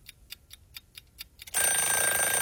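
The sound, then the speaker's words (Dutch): A quiz timer ticks in a quick, steady rhythm for about a second and a half, then a loud, continuous time-up bell rings out and keeps going. No one speaks. “Kan nog in de bel, want ah nee, nu is het zelfs de bel voorbij.”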